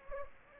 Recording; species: mosquito wingbeat signal from an infrared sensor; Anopheles gambiae